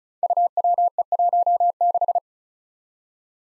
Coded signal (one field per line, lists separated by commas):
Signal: Morse code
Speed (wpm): 36 wpm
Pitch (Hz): 700 Hz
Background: none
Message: UWE16